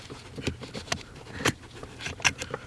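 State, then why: Not seated. A plastic wiring harness connector from a throttle controller on a Corvette is worked by hand toward the accelerator pedal connector under the dash. Soft rustling and handling noises are broken by sharp ticks near 0.9, 1.5 and 2.3 seconds. Nothing has seated or clicked home yet.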